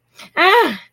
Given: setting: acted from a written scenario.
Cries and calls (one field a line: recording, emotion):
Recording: vocal sound without words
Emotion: negative surprise